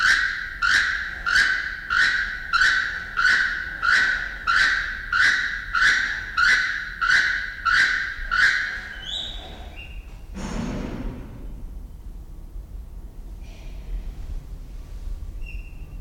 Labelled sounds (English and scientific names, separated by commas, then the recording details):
Keel-billed Toucan (Ramphastos sulfuratus) call
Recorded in captivity
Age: adult
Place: Zoo Berlin, Berlin, DE
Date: 1993-01-16 11:52
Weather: 10-14 °C, sonnig
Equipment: Marantz CP 430, Sennheiser ME 80, Kopie Uher Variocord 263
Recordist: Tembrock, Günter